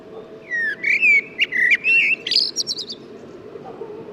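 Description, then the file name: Common blackbird song: a few rising, fluty warbled notes followed by a quick run of high, thin squeaky twitters, over soft continuous background noise. "Turdus merula"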